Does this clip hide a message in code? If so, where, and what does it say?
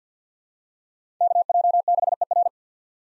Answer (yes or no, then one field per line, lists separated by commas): yes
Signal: Morse code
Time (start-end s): 1.2-2.5 s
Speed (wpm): 50 wpm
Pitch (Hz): 700 Hz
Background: none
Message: KJ6ER